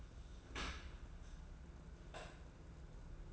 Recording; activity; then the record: daily activity, microphone in the room; open dishwasher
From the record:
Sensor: 2